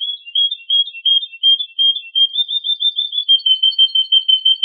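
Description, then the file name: Canary song as a continuous rolling trill of rapid, evenly pulsed whistled notes, several per second, holding a steady high pitch. A combination of Yorkshire and Russian canary songs. "Kombinasi Suara Kenari Yorkshire dan Rusia"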